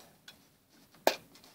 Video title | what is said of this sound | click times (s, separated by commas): New Moe-Joe Cell Assembly Instruction Video | you hear a little click okay we | 1.1 s